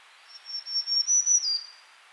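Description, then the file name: Black-throated green warbler giving a high, thin, buzzy phrase of several even notes, finishing with a slightly lower slurred buzz against light background hiss. "Setophaga virens - Black-throated Green Warbler"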